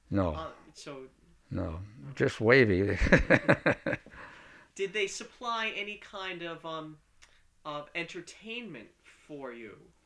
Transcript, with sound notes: No, no. Just wavy. (he laughs)
Did they supply and kind of entertainment for you